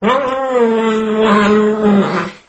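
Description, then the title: Cat meowing: one long, drawn-out low yowl, steady in pitch, lasting over two seconds and fading at the end; no other clear sounds. Pet cat. "kucingku"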